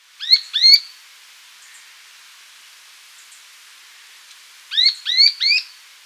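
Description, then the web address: Rufous spinetail giving paired rising chirps, a pair at the opening and a series of three about four seconds later, over a quiet background. Ecuador. "Birds of Ecuador 2. Rufous Spinetail"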